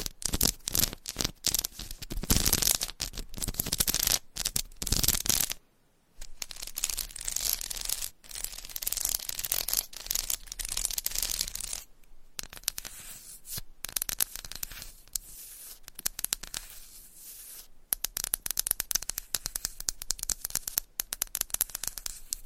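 Scratching and tapping on a textured candle make a dense, crackly stream of dry scrapes and clicks that runs almost continuously. The sound is bright and papery, with short silent gaps near 5.5, 12 and 18 seconds before the scratching resumes.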